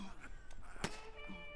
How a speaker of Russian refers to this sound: Русские перезаряжают винтовки.